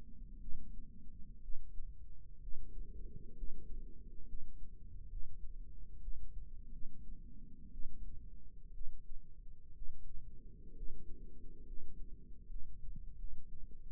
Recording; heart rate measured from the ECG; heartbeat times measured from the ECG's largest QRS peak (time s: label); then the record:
heart sounds by microphone in the left ear; 66 bpm
0.40 s: heartbeat
1.41 s: heartbeat
2.40 s: heartbeat
3.35 s: heartbeat
4.26 s: heartbeat
5.08 s: heartbeat
6.00 s: heartbeat
6.70 s: heartbeat
7.71 s: heartbeat
8.72 s: heartbeat
9.73 s: heartbeat
10.74 s: heartbeat
11.65 s: heartbeat
12.48 s: heartbeat
13.16 s: heartbeat
From the record:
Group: healthy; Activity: rest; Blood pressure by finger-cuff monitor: 137/62 mmHg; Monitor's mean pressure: 86 mmHg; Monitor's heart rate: 62 bpm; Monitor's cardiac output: 6.6 L/min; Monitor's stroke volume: 103 mL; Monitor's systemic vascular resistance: 960 dyn s/cm5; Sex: female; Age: 37 years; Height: 168 cm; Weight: 70 kg